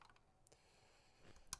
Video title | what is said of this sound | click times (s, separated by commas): 1975 Dodge Coronet California Highway Patrol 1:18 Greenlight Collectibles Artisan #Diecast | once the holes line up it actually puts pressure on it and kind of snaps in place | 1.5 s